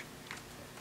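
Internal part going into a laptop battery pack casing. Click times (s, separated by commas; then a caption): 0.3 s. An internal part is shoved into the plastic casing of an Apple MacBook Pro 15" 2008 battery pack during reassembly. A brief, sharp tick at 0.3 s stands out over a low background. The part is seated in place.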